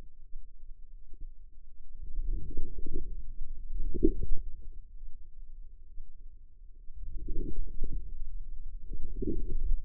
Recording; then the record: forearm muscle sounds (acoustic myography)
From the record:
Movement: outward rotation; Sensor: system 2, bracelet of six BSWA MPA416 microphones around the upper forearm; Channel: 1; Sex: female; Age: 25 years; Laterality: right